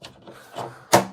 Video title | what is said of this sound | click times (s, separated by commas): Blueair, Dyson, Coway, Levoit vital 200, core 600, core 400 | part clicks back in and when you're putting the front cover on | 0.9 s